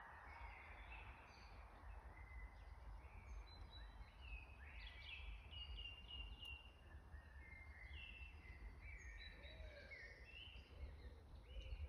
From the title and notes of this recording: Spring forest. Sunlit beech forest on May 1st. Trees are just getting light green leaves.